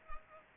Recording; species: mosquito wingbeat signal from an infrared sensor; Culex pipiens